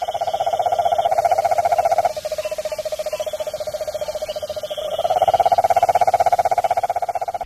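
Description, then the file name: Cane toad giving a long, low, steady trill of rapid even pulses that dips slightly in loudness midway, then swells again, continuing without pause. "giant toad"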